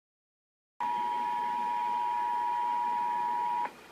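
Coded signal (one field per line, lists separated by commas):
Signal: Emergency Alert System (SAME) tones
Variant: 853 and 960 Hz attention tone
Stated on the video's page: Required monthly test EAS audio containing valid tones capable of activating EAS equipment.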